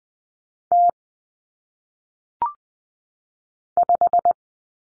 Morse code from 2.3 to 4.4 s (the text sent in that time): 5